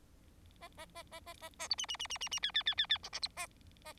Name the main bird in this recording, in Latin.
Lonchura striata domestica